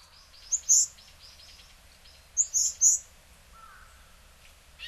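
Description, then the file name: Varied tit calls: two clusters of very high, thin, sharp notes, two then three in quick succession, with softer lower chips between and a faint brief whistle after. Hyogo, February 2009. "yamagara 0902 hyogo kaji"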